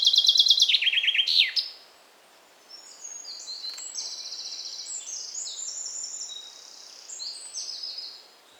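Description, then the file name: Common chaffinch song, a fast descending trill ending in a sharp flourish within the first two seconds, followed by softer high chirps and whistles. "Fringilla coelebs"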